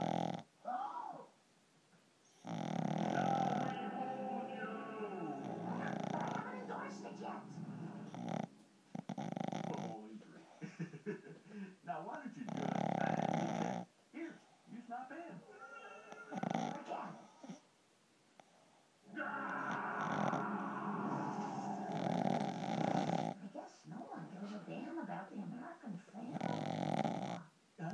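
A dog named Dave snores.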